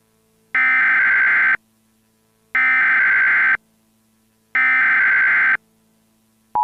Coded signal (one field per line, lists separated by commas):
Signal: Emergency Alert System (SAME) tones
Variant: header bursts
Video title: EAS simulacion / EAS mock - solo quería ver el clima!!! (Con WS4000 / with WS4000) (VHS)